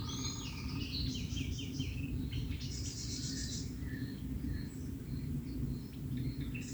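Songbird singing quick, high warbled phrases and short trills over a constant low rumble.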